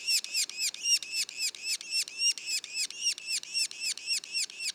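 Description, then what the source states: Yellow-bellied sapsucker calls, high harsh down-curved notes given in a quick regular series, close to four each second. Juveniles, recorded in Mont-Orford National Park, Quebec.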